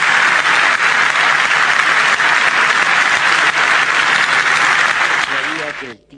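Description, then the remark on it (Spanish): A large crowd applauds loudly and steadily during Pepe Mujica's presidential inauguration speech, a dense continuous wash of clapping that holds for about six seconds before quickly fading out at the end. “Aplausos.”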